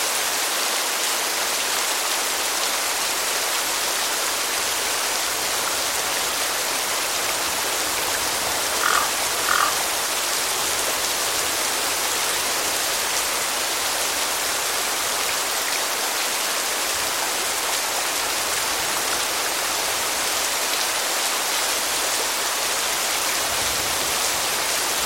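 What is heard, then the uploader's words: Gentle rain falls in a steady, dense hiss that stays even from start to finish, bright and without low rumble. Around nine and a half seconds, two brief higher calls poke out above the rain, possibly a bird, then the patter continues unchanged. Cemetery Rainstorm #2. The soothing sounds of a rainstorm in a cemetery.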